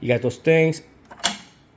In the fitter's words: locks in place. You hear that lock?